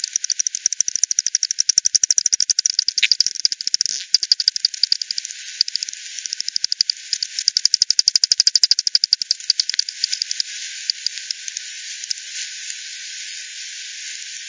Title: WW bat 20201007 T 18 : 10 Z-Hogsmill-Lane-Hogsmill-River-multiple-bats-FD 10-bandpass-1500-to-7500 Hz